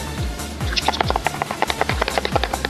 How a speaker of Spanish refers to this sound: Escuchen cómo ella teclea en su computadora AMD Athlon que tiene por ahí.